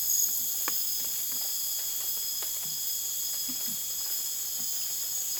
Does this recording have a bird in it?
no